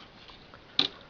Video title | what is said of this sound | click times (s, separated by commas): Vendetta - Calico Jack's Pirate Raiders Minimates pirate ship review | still collects toys but there's nothing wrong with it and here's how it snaps back in place see but | 0.8 s